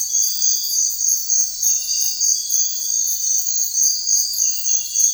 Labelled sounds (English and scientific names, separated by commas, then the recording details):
none
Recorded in secondary vegetation near Puerto Asís, Putumayo, Colombia, on 4 March 2025 at 05:00
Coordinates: 0.499, -76.323
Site G094